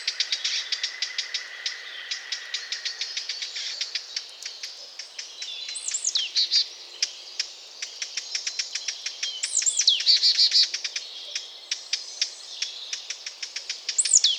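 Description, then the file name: Eurasian blackcap giving sharp clicking tac notes in rapid, uneven series, with occasional looping high whistles. "Sylvia atricapilla"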